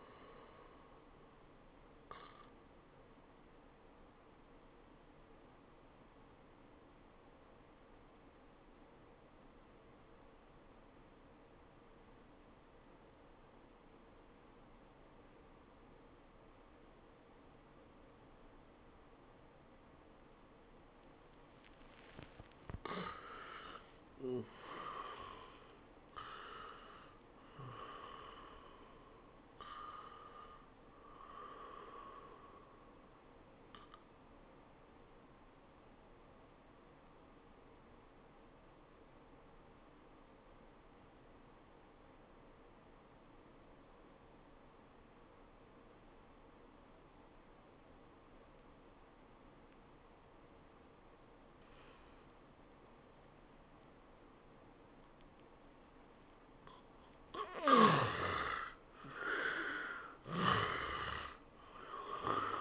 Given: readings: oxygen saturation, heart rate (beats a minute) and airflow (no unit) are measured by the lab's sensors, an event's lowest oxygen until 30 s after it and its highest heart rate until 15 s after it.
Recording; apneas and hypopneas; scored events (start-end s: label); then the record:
breathing in sleep by a voice recorder at the bedside; 2
6.00-24.30 s: obstructive apnea (N1, oxygen 96% highest, then 82% lowest, heart rate 84 at the start, 95 highest)
34.00-52.50 s: obstructive apnea (N1, oxygen 98% highest, then 79% lowest, heart rate 91 at the start, 94 highest)
From the record:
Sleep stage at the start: N1 (lightest sleep); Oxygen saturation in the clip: 82 to 98%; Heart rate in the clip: 79 to 95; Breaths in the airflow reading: 6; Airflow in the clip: -15.9 to 12.3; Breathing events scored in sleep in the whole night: 403 in 5.5 hours asleep